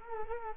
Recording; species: mosquito wingbeat signal from an infrared sensor; Culex quinquefasciatus